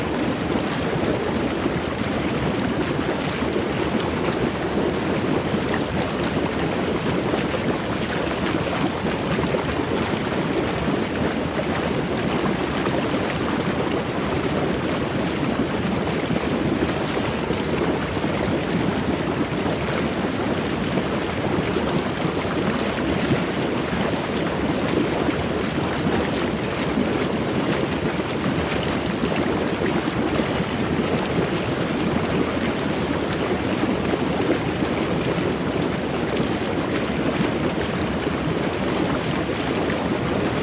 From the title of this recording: Water Sounds Hot Tub White Noise